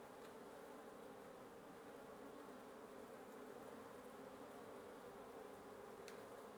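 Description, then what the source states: Wasp: continuous humming of many wasps, a dense droning buzz that holds steady, with a couple of faint ticks. Wasp nest under the roof of a residence in Antigua Guatemala, Guatemala, recorded in the morning; headphone listening recommended.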